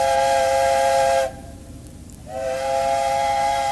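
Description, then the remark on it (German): A ship's siren wails in long, steady, loud blasts, a rich low-pitched tone that cuts off for a moment and then sounds again, three times in all. The ship is casting off from the quay on departure, with tugboats made fast fore and aft. No one speaks. “Noch einmal heulen die Sirenen 3-mal auf.”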